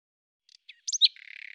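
Bird song: a few faint ticks, then loud sharp chirps, followed by a soft buzzy trill.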